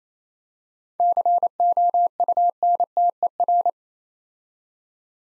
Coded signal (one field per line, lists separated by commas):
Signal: Morse code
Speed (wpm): 27 wpm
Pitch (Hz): 700 Hz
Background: none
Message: COUNTER